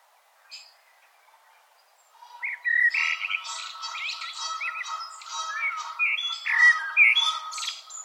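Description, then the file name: Common blackbird calling: quiet at first, then a dense, continuous stretch of chattering, squeaky and whistled notes that rise and fall in loudness. "Turdus merula"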